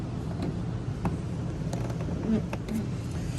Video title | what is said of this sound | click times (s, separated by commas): Tesla Model S Door Light Modification - Shines Tesla Logo On The Ground!! | Push it in there until it snaps in. | 1.0 s